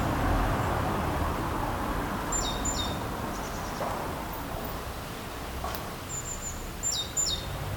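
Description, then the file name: Great tit calls: two brief clusters of high descending double notes a few seconds apart, with a sharp click between them and continuous background noise. "Parus major"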